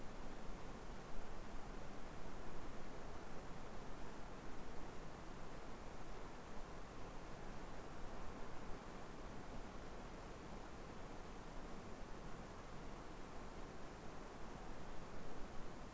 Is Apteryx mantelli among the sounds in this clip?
no